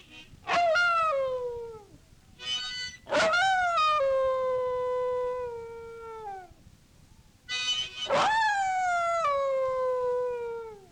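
Dog howling in three long bouts, each a strong rising yelp that slides into a drawn-out falling wail, with harmonica tones sounding alongside.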